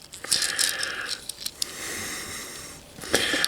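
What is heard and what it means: A plastic spoiler is pressed onto the back of a Transformers Kingdom/Legacy Hot Rod toy in car mode, a part that is always fiddly to fit. Light plastic rattling and small ticks lead to a sharp snap at 1.6 s as the spoiler seats in place, followed by a steady scraping hiss and another click near the end.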